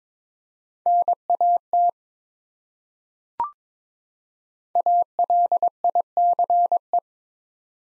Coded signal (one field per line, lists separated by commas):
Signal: Morse code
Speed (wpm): 22 wpm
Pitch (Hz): 700 Hz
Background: none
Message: NAT ALICE